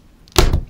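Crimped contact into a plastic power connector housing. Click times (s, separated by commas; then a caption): 0.4 s. A crimped metal contact is pushed down into a plastic power-pole connector housing until it latches. After a quiet lead-in, a sharp, loud click sounds at 0.4 s, followed by a short broadband rattle that fades by about 0.6 s. The contact is heard seating in the housing.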